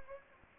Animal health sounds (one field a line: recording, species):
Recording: mosquito wingbeat signal from an infrared sensor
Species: Anopheles gambiae